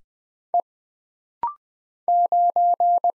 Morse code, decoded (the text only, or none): E 9